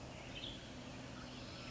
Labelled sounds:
Western Tanager
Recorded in Sonoma County, California

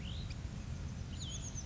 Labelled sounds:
Chestnut-backed Chickadee
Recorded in Sonoma County, California

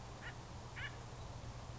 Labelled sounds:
Acorn Woodpecker
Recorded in Sonoma County, California

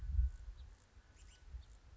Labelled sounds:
House Finch
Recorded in Sonoma County, California

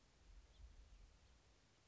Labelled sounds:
House Finch
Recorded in Sonoma County, California

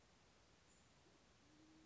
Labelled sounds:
Band-tailed Pigeon
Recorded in Sonoma County, California

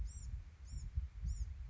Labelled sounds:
Bewick's Wren
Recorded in Sonoma County, California

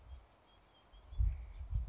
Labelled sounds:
House Finch
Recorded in Sonoma County, California

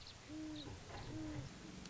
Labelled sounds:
Great Horned Owl
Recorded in Sonoma County, California

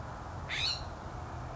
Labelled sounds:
California Scrub-Jay
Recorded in Sonoma County, California

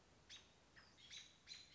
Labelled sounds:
American Robin
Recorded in Sonoma County, California

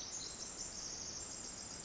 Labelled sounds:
Pacific Wren
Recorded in Sonoma County, California

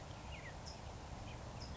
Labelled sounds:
California Towhee
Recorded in Sonoma County, California

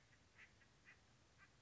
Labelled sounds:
Acorn Woodpecker
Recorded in Sonoma County, California

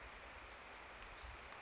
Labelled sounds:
Pacific Wren
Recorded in Sonoma County, California

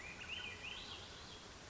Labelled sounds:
Swainson's Thrush
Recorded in Sonoma County, California

